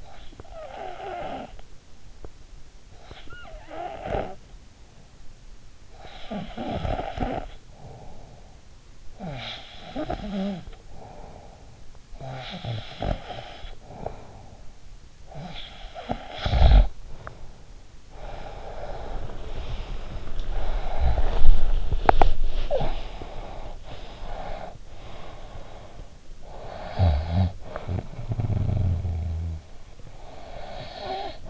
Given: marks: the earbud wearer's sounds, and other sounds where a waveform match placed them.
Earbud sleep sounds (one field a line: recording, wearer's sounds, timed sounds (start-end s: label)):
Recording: sounds in sleep by an in-ear microphone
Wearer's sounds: snoring breath, breath, body movement, teeth grinding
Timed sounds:
0.00-17.58 s: snoring breath
17.58-20.93 s: breath
18.98-22.63 s: body movement
21.98-22.60 s: teeth grinding
22.60-26.84 s: breath
26.84-31.50 s: snoring breath